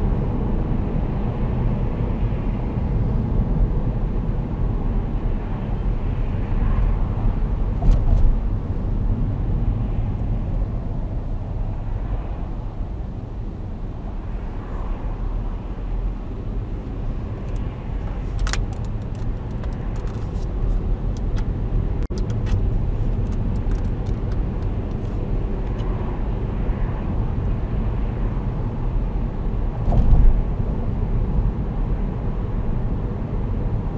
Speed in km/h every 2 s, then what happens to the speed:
52, 49, 42, 38, 30, 17, 11, 12, 17, 21, 28, 34, 40, 43, 44, 45, 46.
0-12 slows to 11. 12-25 speeds up to 43. 25-34 steady at about 44.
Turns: none.